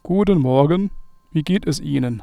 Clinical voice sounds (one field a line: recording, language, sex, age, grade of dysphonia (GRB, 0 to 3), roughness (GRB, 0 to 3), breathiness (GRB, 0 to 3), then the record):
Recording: spoken sentence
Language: German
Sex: male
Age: 30 to 39 years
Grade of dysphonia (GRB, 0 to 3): 0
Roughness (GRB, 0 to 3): 0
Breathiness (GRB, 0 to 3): 0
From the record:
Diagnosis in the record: healthy voice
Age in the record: 32 years